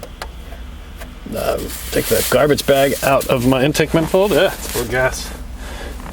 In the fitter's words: just push them down until they click